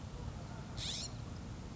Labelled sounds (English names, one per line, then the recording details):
California Scrub-Jay
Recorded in Sonoma County, California